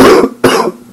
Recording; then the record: coughing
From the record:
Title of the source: Coughing 77